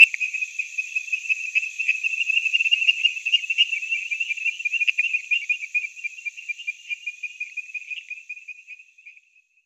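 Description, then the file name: Temple tree frog calling: a fast, rattling train of high chirping pulses that runs steadily, then fades out near the end. "Chirixalus idiootocus"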